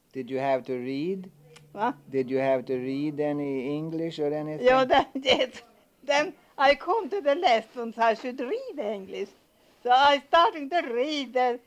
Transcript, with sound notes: Did you have to read?
Huh?
Did you have to read any English or anything?
Oh, I did. ( she laughs ) Then I come to the last one, that I should read English. So I'm starting to read